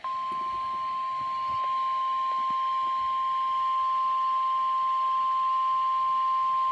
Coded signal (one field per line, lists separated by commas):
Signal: Emergency Alert System (SAME) tones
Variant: 1050 Hz attention tone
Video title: Flood Warning Macoupin and Montgomery IL (EAS 372)